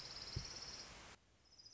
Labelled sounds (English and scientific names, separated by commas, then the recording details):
Orange-crowned Warbler (Leiothlypis celata)
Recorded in Sonoma County, California